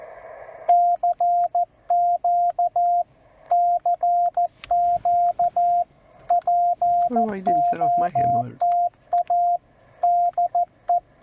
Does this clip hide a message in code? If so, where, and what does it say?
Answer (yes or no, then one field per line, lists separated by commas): yes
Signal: Morse code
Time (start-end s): 0.7-11.0 s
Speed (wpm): 14 wpm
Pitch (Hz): 700 Hz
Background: speech, radio noise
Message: CQ CQ POTA DE